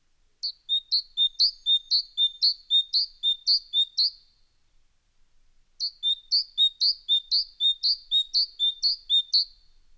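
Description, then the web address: Great tit song: a bright two-note phrase repeated rapidly and evenly for about four seconds, a pause, then another run of the same phrase. "Musvit"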